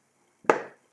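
A flexible plastic tapestry piece on a tab is pushed into a slot above the throne in a Masters of the Universe Origins Castle Grayskull toy castle wall. A single sharp click sounds at 0.5 s, followed by a short fading rattle. The tapestry tab snaps into place and is seated.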